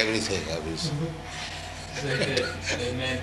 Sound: laughs

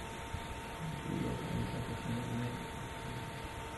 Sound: mumbles, trying to calculate

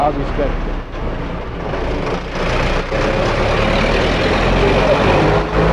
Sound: loud truck noise

